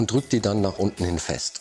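A plastic bottom case of an Acer Aspire 3 (A315-23) laptop is being handled over the laptop chassis while someone talks. The bottom cover clips have not snapped in yet, and nothing has seated or clicked.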